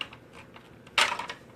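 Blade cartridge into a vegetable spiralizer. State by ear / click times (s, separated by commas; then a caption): seated / 1.0 s. A plastic blade cartridge is slid into a kitchen vegetable spiralizer, with a few light taps and scrapes before it. The blade pops into place with a sharp, bright click at 0.98 s, followed by a brief rattle. The cartridge is seated.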